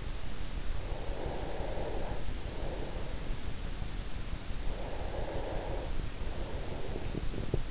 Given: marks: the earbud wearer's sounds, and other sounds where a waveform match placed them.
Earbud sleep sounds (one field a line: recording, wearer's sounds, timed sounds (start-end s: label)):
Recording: sounds in sleep by an in-ear microphone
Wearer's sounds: breath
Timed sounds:
0.75-3.74 s: breath
4.57-7.71 s: breath